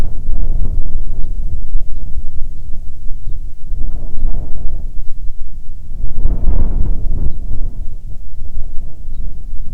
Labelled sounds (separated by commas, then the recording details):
bird, wind
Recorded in the Arctic National Wildlife Refuge, Alaska, on 9 July 2019 at 22:21
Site 48